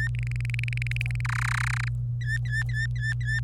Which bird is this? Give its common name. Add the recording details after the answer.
Domestic Canary. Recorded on 25 April 2018 at 16:32. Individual llb3